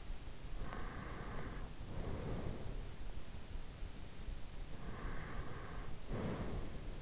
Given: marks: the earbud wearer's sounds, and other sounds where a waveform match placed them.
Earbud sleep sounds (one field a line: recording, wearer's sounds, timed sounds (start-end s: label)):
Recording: sounds in sleep by an in-ear microphone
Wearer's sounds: breath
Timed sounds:
0.60-2.91 s: breath
4.76-7.02 s: breath